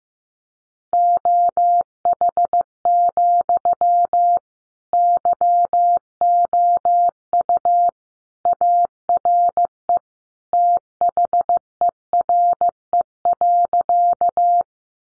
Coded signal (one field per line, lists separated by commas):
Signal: Morse code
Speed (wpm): 15 wpm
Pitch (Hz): 700 Hz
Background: none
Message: OH, YOU ARE THERE.